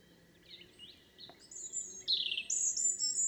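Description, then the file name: European robin song: thin high whistles and sliding notes building into a louder, shrill warbled phrase, over a low steady background rumble. "Erithacus rubecula"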